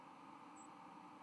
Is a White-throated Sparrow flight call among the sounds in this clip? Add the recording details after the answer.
no. Another species' flight call is heard. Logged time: 02:08 on 13 November 2014